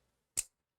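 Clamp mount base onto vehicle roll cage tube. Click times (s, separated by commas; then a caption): 0.4 s. A one-handed clamp mount base is pushed over the round tube of a vehicle's roll cage bar, before its nut and bolt are tightened. A single sharp, bright snap with strong high-frequency content sounds at 0.4 s and fades within about a tenth of a second, with near silence before and after. The base snaps over the tube and locks into place.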